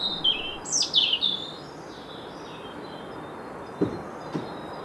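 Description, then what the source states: European robin singing a brief squiggly phrase of high, thin twisting notes in the first second and a half, then fainter wisps, over steady background noise. Robin song varies: sometimes quite squiggly, sometimes a long note that falls off, other times quite scratchy; this phrase described as squiggly.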